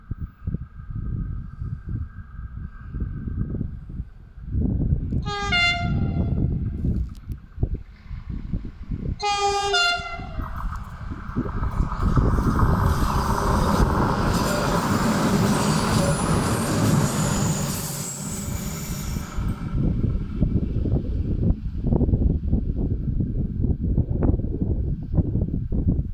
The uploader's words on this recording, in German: Wachaubahn am Weg nach Krems. Ein Triebzug der Wachaubahn fährt.